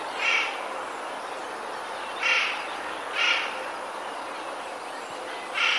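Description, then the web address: Eurasian jay giving harsh, rasping screeches, four single bursts spaced unevenly over six seconds against a steady background hiss. Alarm call, 7 April 2019. "wroblowe ostrzegator sojka 07 04 2019"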